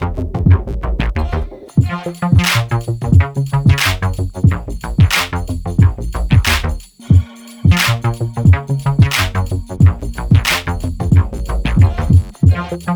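A busy band groove with a driving beat, punchy low bass notes and sustained chords, with bright crashes about every second and a half. It starts a little thinner, then fills out. Near seven seconds it briefly drops almost to silence before kicking back in.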